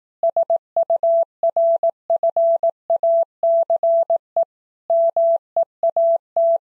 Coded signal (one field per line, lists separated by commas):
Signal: Morse code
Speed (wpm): 18 wpm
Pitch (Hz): 670 Hz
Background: none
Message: SURFACE MEAT